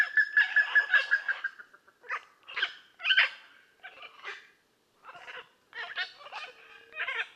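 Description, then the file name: Blue-and-yellow macaw calls: a fast run of short, nasal, pulsed notes, then a series of loud, harsh, grating squawks at irregular intervals. "Blue and yellow Macaw Ara ararauna"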